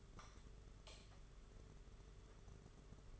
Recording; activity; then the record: daily activity, microphone in the room; light on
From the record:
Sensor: 4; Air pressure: 991.7 hPa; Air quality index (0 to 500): 99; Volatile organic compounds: 12 ppm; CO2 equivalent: 2325 ppm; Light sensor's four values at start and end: 7/16/6/6 and 9/25/9/11